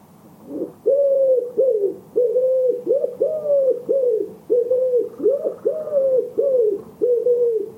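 Bird cooing in a long, steady run of low, hollow notes, each slightly arched in pitch.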